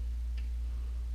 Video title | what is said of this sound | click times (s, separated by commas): Lurch Gets An Intercom - Sena 10R | I like it I do locked it and it's not coming off so | 0.4 s